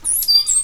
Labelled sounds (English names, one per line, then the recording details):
Stitchbird song
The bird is a male
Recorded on Tiritiri Matangi Island, New Zealand, in 2005
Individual 8, of nest box 10